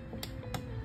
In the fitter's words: And to close it, all you do is close it and hear the click.